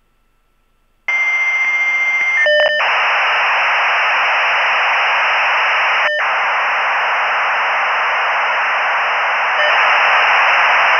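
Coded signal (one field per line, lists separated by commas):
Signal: dial-up modem handshake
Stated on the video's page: Sound-effects library recording of a vintage computer modem running.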